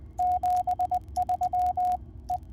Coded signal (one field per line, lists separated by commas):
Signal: Morse code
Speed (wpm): 20 wpm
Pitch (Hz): 720 Hz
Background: radio noise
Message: 73 E